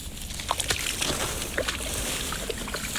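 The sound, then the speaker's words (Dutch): Water sloshing and splashing in irregular bursts as someone wades into marsh water, with soft swishes and gurgles over a steady wet hiss. “We gaan het water in. Tenminste, het moeras in.”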